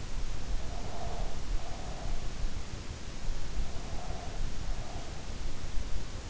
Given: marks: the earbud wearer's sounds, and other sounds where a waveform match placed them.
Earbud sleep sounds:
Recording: sounds in sleep by an in-ear microphone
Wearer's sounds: breath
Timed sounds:
0.57-2.32 s: breath
3.61-5.28 s: breath

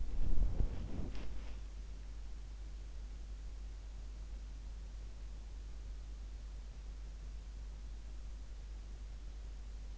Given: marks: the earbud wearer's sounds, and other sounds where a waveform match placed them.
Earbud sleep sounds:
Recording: sounds in sleep by an in-ear microphone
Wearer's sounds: body movement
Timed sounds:
0.00-1.55 s: body movement

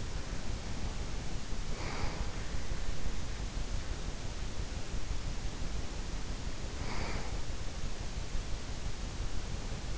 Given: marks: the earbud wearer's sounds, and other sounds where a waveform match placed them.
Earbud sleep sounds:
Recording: sounds in sleep by an in-ear microphone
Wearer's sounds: breath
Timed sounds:
0.00-2.25 s: breath
5.57-7.36 s: breath

